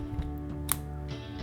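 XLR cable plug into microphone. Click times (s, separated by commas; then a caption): 0.7 s. An XLR cable plug is pushed into a microphone's socket, with a steady low tonal hum underneath. One sharp, bright click sounds at 0.7 s as the XLR connector clicks in and seats.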